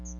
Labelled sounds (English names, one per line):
Chestnut-sided Warbler flight call